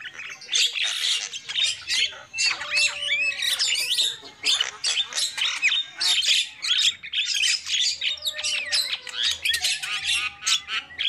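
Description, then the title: Lovebird chatter, continuous shrill, squeaky squawks and quick rising and falling notes, a dense and busy stream of high-pitched calls. Lovebird calls used as a lure for trapping birds. "PIKAT BURUNG LOVEBIRD"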